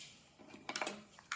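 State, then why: Not seated. A single cookie beater is handled against the drive gear in the bowl of an Ankarsrum stand mixer while being lined up to be pressed down with some force until it clicks onto the drive. Short metallic clatters are heard around 0.7 to 0.8 s and again at 1.3 s, with a faint tick near 1.2 s. Nothing has seated or clicked onto the gear yet.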